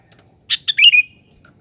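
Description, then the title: Sooty-headed bulbul giving one brisk phrase of two quick chirpy notes that run into a short whistle, in quiet surroundings. "Kutilang"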